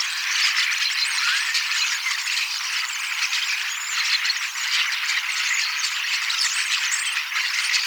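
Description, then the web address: Common starling song, an unbroken dense chorus of rattling, squeaky chatter from several birds, fairly even in loudness throughout. Young starlings singing and practising song, mimicking several other species a little; 18 October 2024. "paivat 18 10 2024 kasittaakseni kottaraisnuoret laulavat lauluharjoittelevat useita lajeja matkivat hiukan"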